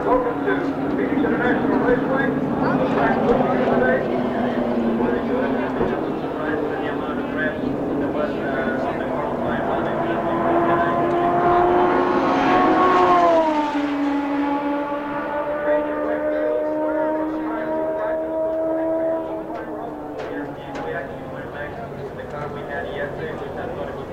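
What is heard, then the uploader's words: Race cars at a raceway roar steadily in a loud, dense wash of engine noise. A car screams past near the middle, its whine climbing and then dropping sharply in pitch, and the droning tones ease off toward the end beneath a faint murmur of voices. The Sounds of IndyCar, Phoenix 1995. The 1995 CART IndyCar Series event at Phoenix International Raceway. The glorious sounds of the unmistakable 2.65-liter turbocharged V8 engines provide an amazing soundtrack.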